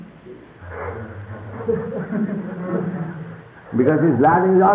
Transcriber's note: laughter